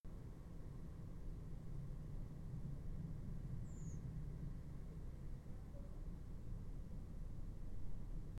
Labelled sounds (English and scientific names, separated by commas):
Redwing (Turdus iliacus), unidentified sound